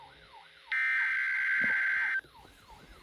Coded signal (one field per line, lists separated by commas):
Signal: Emergency Alert System (SAME) tones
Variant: header bursts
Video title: (LEGIT CRAZINESS 5/MULTIPLE DAY ALERTS 2) EAS Alerts from 4/5/25 - 4/6/25